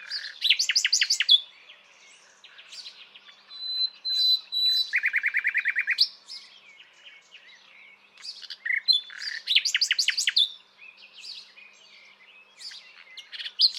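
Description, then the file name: Common nightingale song with rapid machine-gun rattles of repeated notes, a pure drawn-out whistle, and a fast even trill, phrases separated by short pauses. "Luscinia megarhynchos"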